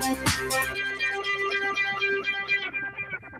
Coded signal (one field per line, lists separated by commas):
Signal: none